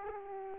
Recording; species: mosquito wingbeat signal from an infrared sensor; Aedes aegypti